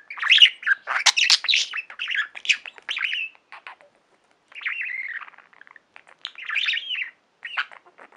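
Budgerigar chattering in bursts of buzzy, warbled notes and rising squeaks, broken by short pauses, with a quieter run of warbling chirps near the end.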